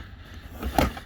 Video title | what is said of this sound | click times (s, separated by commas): DIY Honda Crv Camper Roof Rack and Cheap Aerodynamic Waterproof Roof Storage! | snap red into place | 0.8 s